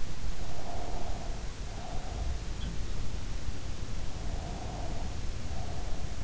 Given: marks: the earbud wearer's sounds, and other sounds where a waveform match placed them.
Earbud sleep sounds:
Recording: sounds in sleep by an in-ear microphone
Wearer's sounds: breath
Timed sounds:
0.19-2.40 s: breath
4.08-5.98 s: breath

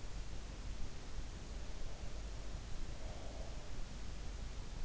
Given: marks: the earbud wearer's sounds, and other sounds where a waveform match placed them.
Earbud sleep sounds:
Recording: sounds in sleep by an in-ear microphone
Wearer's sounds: breath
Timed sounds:
1.73-3.69 s: breath

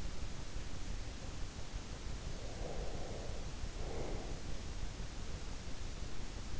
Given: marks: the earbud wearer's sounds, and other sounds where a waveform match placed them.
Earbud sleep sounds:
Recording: sounds in sleep by an in-ear microphone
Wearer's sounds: breath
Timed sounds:
2.29-4.72 s: breath

